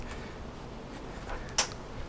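A spring pin on the frame of a Mountain Summit Gear folding camping table is pushed into the locking hole at the end of the frame against a quiet background. It snaps home with a short, sharp click at 1.6 s, and the pin is seated.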